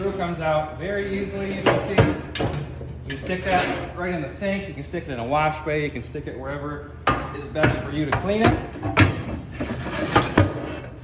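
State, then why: Seated. Someone talks while the metal feed screw of a rebuilt Scale-O-Matic S300 dough scale, removed for cleaning, is slid back into its housing. Scraping and knocking sounds build to a sharp click at 10.4 s as the screw locks into place.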